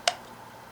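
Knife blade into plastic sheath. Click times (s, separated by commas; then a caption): 0.1 s. A budget fixed-blade knife is pushed into a moulded plastic sheath and locks in with a single sharp, bright click at 0.1 s, seating as a tight fit. Only faint low background noise follows.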